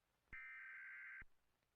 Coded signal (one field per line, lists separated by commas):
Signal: Emergency Alert System (SAME) tones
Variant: header bursts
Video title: Scared VTuber Reacts To Creepy EAS Scenario (EAS Scenario Reaction)